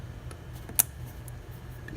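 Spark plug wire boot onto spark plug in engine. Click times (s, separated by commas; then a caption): 0.8 s. A rubber spark plug wire boot is pushed down onto a spark plug in the engine of an R53 Mini Cooper S. Its metal terminal snaps over the plug tip with one sharp, bright click at 0.8 s, among faint ticks over a low, steady rumble. The boot is seated.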